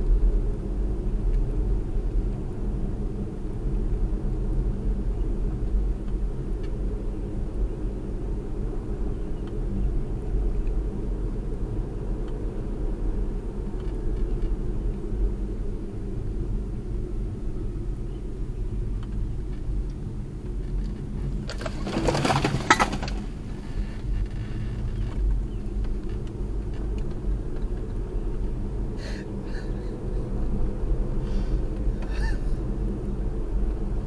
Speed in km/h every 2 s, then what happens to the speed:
47, 47, 47, 47, 47, 47, 44, 37, 32, 31, 27, 32, 35, 44, 47, 48, 50.
0-10 steady at about 47. 10-21 slows to 27. 21-34 speeds up to 50.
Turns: 16-22.